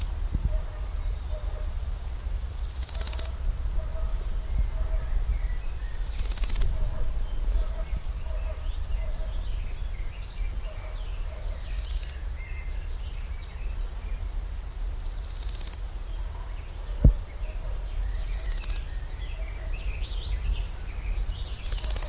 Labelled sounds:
Large Gold Grasshopper stridulation

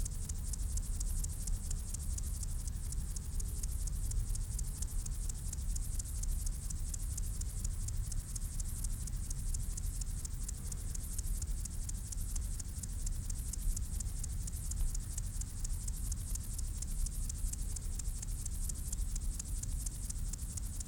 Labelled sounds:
Upland Field Grasshopper stridulation

